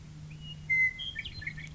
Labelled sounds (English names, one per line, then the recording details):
Western Meadowlark
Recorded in Sonoma County, California